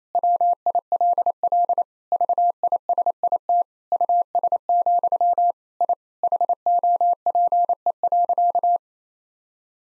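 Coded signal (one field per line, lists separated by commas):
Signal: Morse code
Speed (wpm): 28 wpm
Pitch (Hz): 700 Hz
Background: none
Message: WILL VISIT US, I HOPE.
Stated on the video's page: Morse code practice at 28 wpm of sentences from the top 1000 words, each sent, spoken, then sent again.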